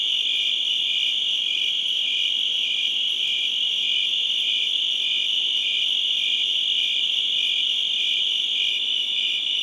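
Crickets keep up a constant shrill chorus, with even chirps repeating steadily against the high continuous trill.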